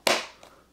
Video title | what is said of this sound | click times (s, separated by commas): Testing This 5 in 1 Pet Grooming Vacuum Kit By Jitum | so I'll go ahead and attach this canister back just like that and then give it a push down until I hear a click | 0.1 s